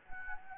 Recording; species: mosquito wingbeat signal from an infrared sensor; Anopheles gambiae